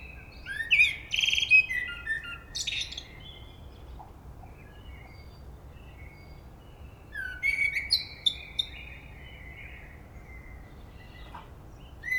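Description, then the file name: Common blackbird song: phrases of fluty warbling with squeaky high flourishes, separated by a pause of several seconds. "Turdus merula"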